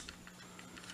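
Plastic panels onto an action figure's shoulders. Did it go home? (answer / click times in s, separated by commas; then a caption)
no / none. Two plastic panels on a Transformers Power of the Prime Elita-1 action figure are lifted and handled as they are brought toward the figure's shoulders during transformation. Light plastic taps and rustles come through over a faint steady hum. Nothing has seated or clicked yet.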